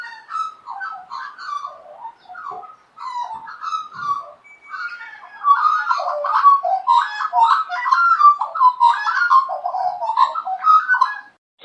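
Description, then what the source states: Australian Magpie singing a rich, warbling carol of gurgled and fluted notes, fuller and louder in the second half, with no other clear sounds. Common backyard bird in Australia; pure white back feathers mark a male, greyish a female, grey chest a juvenile.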